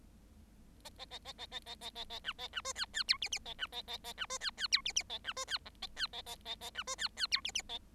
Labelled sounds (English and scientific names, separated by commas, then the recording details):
Bengalese Finch (Lonchura striata domestica) song
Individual Bird7